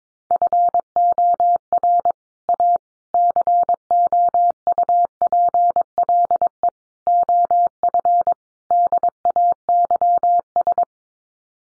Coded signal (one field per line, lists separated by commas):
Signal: Morse code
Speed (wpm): 22 wpm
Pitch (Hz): 700 Hz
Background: none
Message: FOR A COUPLE OF DAYS